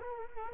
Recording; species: mosquito wingbeat signal from an infrared sensor; Culex quinquefasciatus